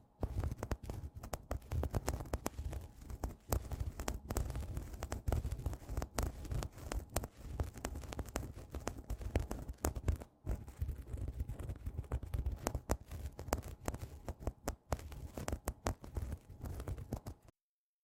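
Fingernails scratch and rub across a tapestry cushion in a dense, rough, continuous stream of rasping strokes. The sound is full and low-heavy, broken by brief gaps and sharper scrapes throughout, and stops abruptly just before the end.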